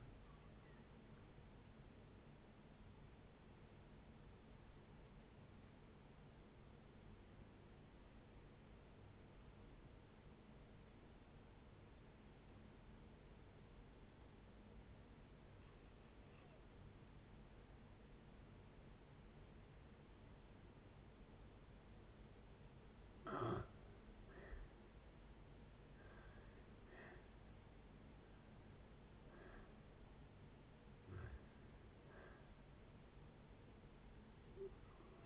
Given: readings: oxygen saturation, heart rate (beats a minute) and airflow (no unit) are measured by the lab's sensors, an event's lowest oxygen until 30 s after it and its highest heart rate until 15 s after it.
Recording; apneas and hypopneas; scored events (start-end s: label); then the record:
breathing in sleep by a voice recorder at the bedside; 1
4.00-24.90 s: obstructive apnea (N2, oxygen 94% highest, then 79% lowest, heart rate 66 at the start, 75 highest)
From the record:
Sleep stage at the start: N2 (light sleep); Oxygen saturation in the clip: 84 to 94%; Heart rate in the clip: 54 to 75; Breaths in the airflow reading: 5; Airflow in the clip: -7.2 to 9.8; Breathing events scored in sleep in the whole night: 496 in 5.4 hours asleep